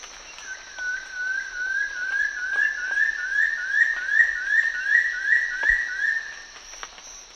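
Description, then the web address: Undulated antshrike song: a long, steady series of short upslurred whistles, each slightly higher than the last, about six seconds long, with a constant high hum behind. "Natures Songs S America Eastern Lowlands. Frederickena unduligera, song"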